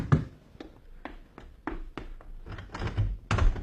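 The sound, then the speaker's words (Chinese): A door is opened: a string of sharp, evenly spaced wooden taps gives way to a busier clatter of thumps and a heavy latch clunk near the end, with no voices. “谁呀？ 开门啊！”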